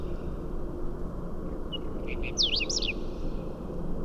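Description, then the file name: Whinchat song: one short burst of scratchy, twisting notes with a few soft lead-in chips, heard over a steady low rumble. "Stiaccino"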